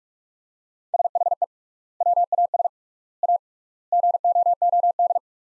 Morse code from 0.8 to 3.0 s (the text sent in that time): SHE WAS